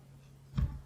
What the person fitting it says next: nah bunyi klek gitu, dia ngangkat tuh.